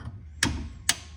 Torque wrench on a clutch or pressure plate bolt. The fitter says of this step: see that hear that click that means that one's good